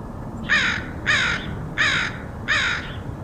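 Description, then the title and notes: Crow cawing, four harsh, ragged caws spaced evenly about two thirds of a second apart over a low steady background hum. Crows recorded in Portland, Oregon, in August 2003. "Dronecast: Crows of Portland. Crows recorded by Dan Bodah in Portland, OR, August 2003"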